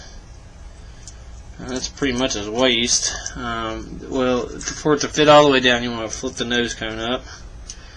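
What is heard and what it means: Someone talks while handling a Transformers Prime Starscream robot toy, folding down its waist and getting ready to flip up the plastic nose cone with its soft plastic tip. Nothing has seated or clicked into place yet.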